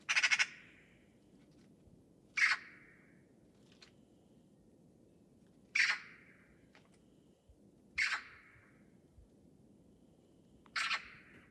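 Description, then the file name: Eurasian magpie uttering single harsh, raspy notes, one every two to three and a half seconds, against a faint steady hiss. "Pica pica"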